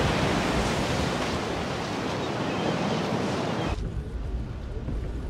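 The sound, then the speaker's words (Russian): A steady, dense roar of waves and surf on a fog-covered sea fills the first few seconds, then abruptly turns duller and softer, losing its hiss while a low wash continues. “Туман укрывает море.”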